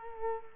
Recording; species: mosquito wingbeat signal from an infrared sensor; Culex quinquefasciatus